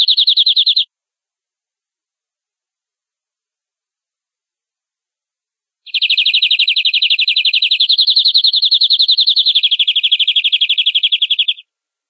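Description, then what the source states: Canary rolling song: a short rapid trill, a pause, then a long continuous roll that drops slightly in pitch near the end. Domestic canary giving long rolling song (ngerol panjang), used as a training recording (masteran) for cage birds.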